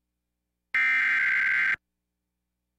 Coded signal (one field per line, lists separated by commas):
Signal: Emergency Alert System (SAME) tones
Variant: header bursts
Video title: EAS Severe Thunderstorm Warning Waco, Texas NOAA Weather Radio +WeatherSTAR4000